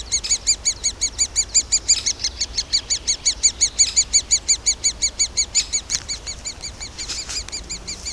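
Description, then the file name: Great spotted woodpecker calls: a steady series of short, bright, ringing notes, about three each second, carrying on without pause throughout. "nagy fakopancs hangja"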